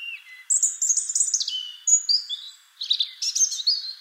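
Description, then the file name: European robin singing a continuous stream of high, thin whistled notes and quick warbled trills, dropping and rising abruptly, with a short break before a final twittering burst. "Erithacus rubecula"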